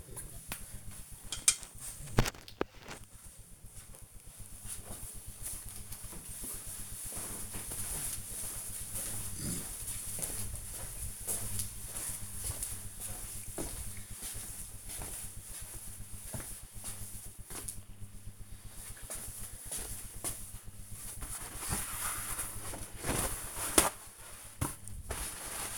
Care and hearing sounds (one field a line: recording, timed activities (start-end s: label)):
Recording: household activities, microphone on the right wrist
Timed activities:
0.00-3.19 s: brushing teeth
20.31-25.78 s: window cleaning